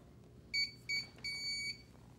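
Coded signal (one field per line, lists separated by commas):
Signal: beep code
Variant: Invacare MK6i wheelchair display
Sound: two short high beeps then one longer beep, same pitch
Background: low hum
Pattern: 2 short, 1 long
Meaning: Drive level advanced to drive two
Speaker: for drive two two short beeps and one long beep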